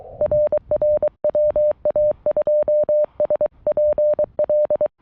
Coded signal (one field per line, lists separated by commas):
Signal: Morse code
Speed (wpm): 23 wpm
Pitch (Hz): 590 Hz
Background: music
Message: RR WA2SPL